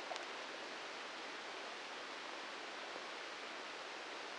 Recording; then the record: brain microelectrode recording played as sound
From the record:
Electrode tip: inside the subthalamic nucleus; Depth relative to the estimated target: 0 mm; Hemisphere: left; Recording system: NeuroSet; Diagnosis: Parkinson's disease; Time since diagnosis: 10 years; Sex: male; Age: 56 years